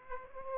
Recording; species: mosquito wingbeat signal from an infrared sensor; Aedes aegypti